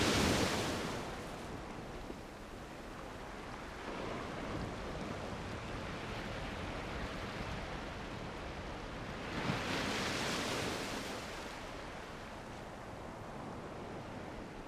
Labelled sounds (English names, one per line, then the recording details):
Northern Fur Seal
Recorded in the wild
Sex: male
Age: adult
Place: Insel Mednyi, Kommandeur-Inseln, RU
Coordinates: 54.5061, 168.095
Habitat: sea
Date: 1999-06-26 18:40
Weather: cloudy, 9°C, weak winds
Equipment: Sony TCD-D8, Sennheiser MKH 70, Windkorb
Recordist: Frommolt, Karl-Heinz
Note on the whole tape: Hütten im Südosten der Insel (am Strand): Drohlaute eines männlichen Seebären bei Annäherung des Beobachters. Tier weicht ins Wasser aus. Entfernung 10 m